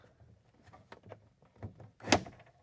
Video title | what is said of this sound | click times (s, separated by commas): Milwaukee 48-59-1802 Dual Rapid Charger Mounts | and let it drop. And you'll hear it snap as the securing tabs here | 2.1 s